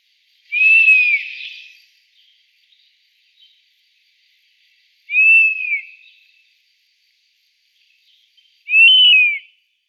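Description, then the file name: European honey buzzard calls: three plaintive whistles that rise then fall in an arch, spaced about four seconds apart, with silence between them. "Wespenbussard Pernis apivorus"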